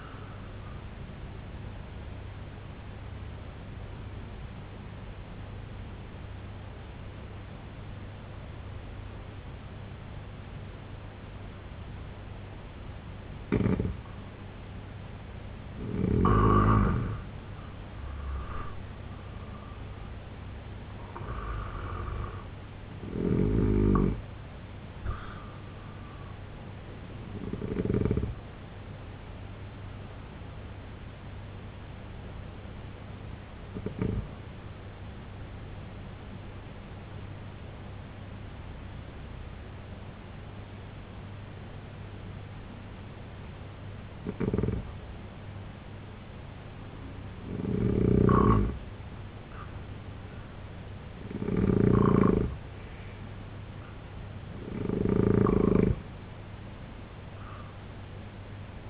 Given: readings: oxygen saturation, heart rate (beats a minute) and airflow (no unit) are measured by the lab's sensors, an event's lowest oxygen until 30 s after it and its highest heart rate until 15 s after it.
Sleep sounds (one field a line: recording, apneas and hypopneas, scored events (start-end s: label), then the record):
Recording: breathing in sleep by a voice recorder at the bedside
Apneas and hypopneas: 2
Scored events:
4.00-14.90 s: obstructive apnea (N2, oxygen 91% highest, then 86% lowest, heart rate 71 at the start, 87 highest)
28.00-47.30 s: hypopnea (N2, oxygen 94% highest, then 88% lowest, heart rate 69 at the start, 79 highest)
From the record:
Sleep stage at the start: N2 (light sleep)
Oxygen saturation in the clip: 86 to 94%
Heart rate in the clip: 64 to 87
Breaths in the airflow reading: 11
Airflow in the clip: -6.0 to 7.8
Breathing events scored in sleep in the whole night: 258 in 7.4 hours asleep